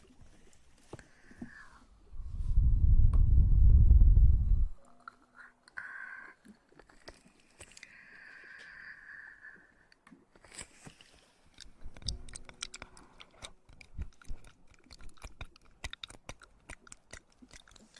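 Ear eating sounds with wet clicks and crackles throughout, a loud low rumbling thud from about two to five seconds, then sharper crunching snaps.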